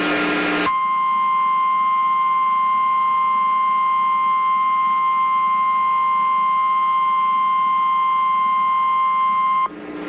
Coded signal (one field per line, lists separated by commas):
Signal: Emergency Alert System (SAME) tones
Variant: 1050 Hz attention tone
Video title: Washington/Oregon Great Shakeout EAS: Required Monthly Test 10/17/19 10:17 AM Pacific Daylight Time